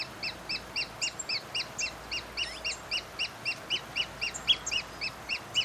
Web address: sound Pearl-kite. دانلود-صدای-پرنده-کورکور-مرواریدی